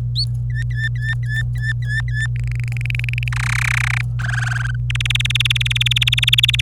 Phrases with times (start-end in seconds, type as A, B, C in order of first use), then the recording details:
0.50-2.26 A, 2.36-3.28 B, 3.32-4.01 C, 4.19-4.76 D, 4.90-6.61 E. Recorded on 26 April 2018 at 09:30. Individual llb3